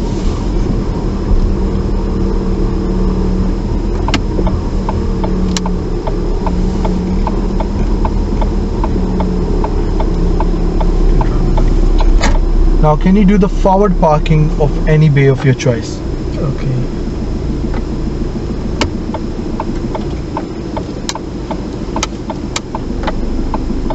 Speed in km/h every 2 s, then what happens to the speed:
10, 10, 8, 10, 8, 8, 8, 5, 3, 3, 0, 3.
0-13 steady at about 8. 13-19 slows to 0. 19-21 standing.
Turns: 5-10.